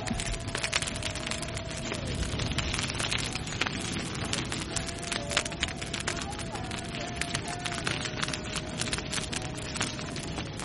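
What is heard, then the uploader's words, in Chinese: A bonfire crackles steadily, with dense pops and snaps throughout. Beneath it runs a thin, sustained tone that wavers slightly in pitch, like a voice singing far away. The overall level stays even across the whole stretch. 在田埂上烧起篝火听远处的山歌。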